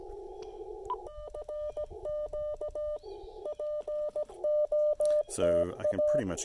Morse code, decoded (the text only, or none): RQ POTA